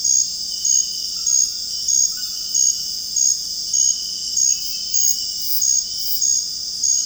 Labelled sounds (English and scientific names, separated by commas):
none